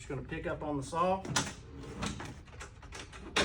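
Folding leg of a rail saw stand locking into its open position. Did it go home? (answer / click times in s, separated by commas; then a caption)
no / none. Someone talks while handling an iQ252 10-inch dry cut rail saw, picking up the saw to pull the leg-release lever so the metal folding leg of its rail saw stand can drop and lock into its open position. Faint handling noises sit under the speech. Nothing has seated or clicked yet; the clip ends before the leg locks into place.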